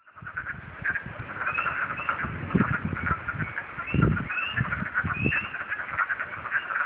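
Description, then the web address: Chorus of wood frogs, many hoarse clucking calls overlapping continuously, with soft low thumps and rumble underneath. Several wood frogs calling at Huckleberry, Virginia, on 9 March 2014. "virginia water radio. Wood Frogs Huckleberry Mar 92014"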